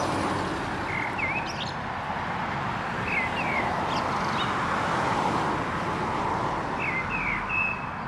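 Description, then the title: Common blackbird song: short fluted phrases with squeaky high twitters, three bursts spread over eight seconds, over steady roaring car traffic. Recorded at Digue du Canal, Anderlecht, Brussels-Capital, Belgium, beside car traffic; Lom mikroUsi Pro AB microphone into Zoom F3 recorder. "Digue du Canal, Anderlecht, Bruxelles-Capitale, Belgique - Blackbird and cars"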